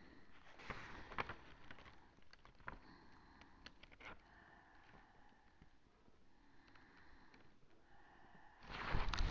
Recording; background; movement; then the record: deep breathing; quiet; sitting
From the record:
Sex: female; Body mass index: 25.5 kg/m2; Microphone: on the chest, facing outward